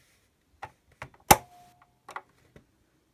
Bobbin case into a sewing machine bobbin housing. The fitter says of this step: when you push it in you will hear you should hear a large click if